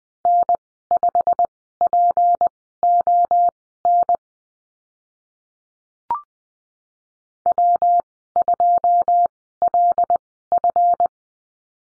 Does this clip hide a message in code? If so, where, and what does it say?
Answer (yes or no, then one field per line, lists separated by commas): yes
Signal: Morse code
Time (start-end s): 0.3-11.1 s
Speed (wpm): 20 wpm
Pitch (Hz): 700 Hz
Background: none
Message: N5PON W2LF